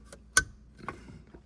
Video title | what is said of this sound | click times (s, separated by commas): 2021 Chevy Bolt EV Comma 4 Install (With Pedal!) | So this will plug right into here until it clicks into your camera, and then this end will plug into the harness. | 0.4 s